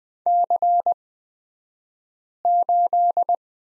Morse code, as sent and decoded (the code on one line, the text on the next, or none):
-.-. ---..
C8